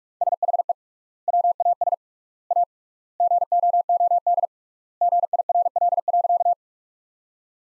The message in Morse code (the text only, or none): SHE WAS A GOOD GIRL.